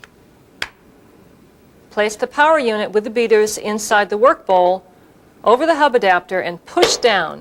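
The blades are clicked into place inside the white plastic power unit of a Cuisinart food processor accessory for the DLC-7 and DLC-8 series models. A single sharp click sounds at 0.6 s as the blades seat, and after a short pause someone talks.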